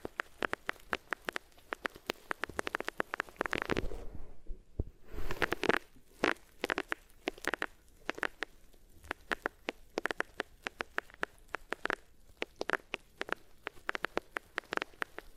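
Ears being rubbed against different materials, giving a dense run of quick scratchy crackles and taps. The bursts come irregularly, several each second, with a louder rough swell around four seconds and a brief near-silent gap just after.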